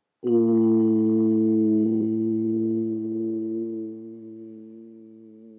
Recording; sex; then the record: sustained vowel /u/; male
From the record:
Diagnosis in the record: healthy control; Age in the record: 68 years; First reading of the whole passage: 59 s, 8.7 characters per second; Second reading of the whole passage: 51 s, 9.9 characters per second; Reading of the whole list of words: 42 s, 6.7 characters per second